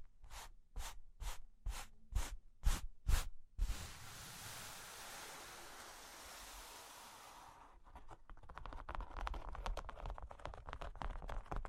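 Cork and wood tapped in a quick, even series of about eight sharp knocks over the first three and a half seconds. A steady, hissy scratching follows for about four seconds, then gives way to rapid, uneven scraping and tracing with small clicks to the end.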